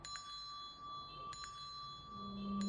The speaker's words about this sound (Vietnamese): Cái tiếng chuông đọc nhỏ, cái thứ pháp khí mà ngày xưa ông và Thành vẫn hay dùng khi hành pháp. Tiếng chuông không lớn, nó chỉ thanh mảnh, vang vọng từ một nơi nào đó xa xăm, nhưng nó lại rõ mồn một trong đầu của ông.